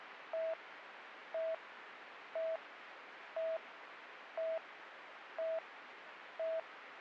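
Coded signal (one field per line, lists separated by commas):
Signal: none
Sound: radio channel beeps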